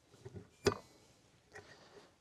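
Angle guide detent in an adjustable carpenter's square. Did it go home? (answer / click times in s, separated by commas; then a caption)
yes / 0.7 s. The adjustable angle guide on a carpenter's square is swung from its 15-degree stop to the next preset stop, where its detent clicks and locks in at 22.5 degrees. A sharp, bright click at 0.7 s follows a couple of soft handling taps, and a fainter tap comes near 1.6 s. The guide is locked in position.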